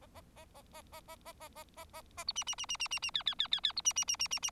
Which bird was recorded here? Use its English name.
Bengalese Finch